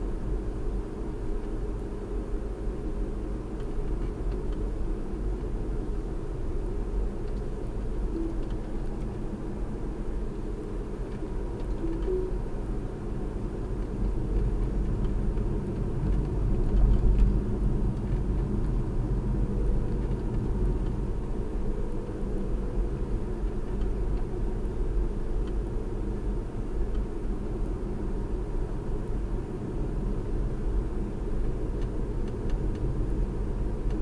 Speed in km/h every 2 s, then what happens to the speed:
47, 47, 47, 47, 45, 47, 45, 45, 45, 45, 45, 47, 45, 45, 47, 45, 45.
0-34 steady at about 45.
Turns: none.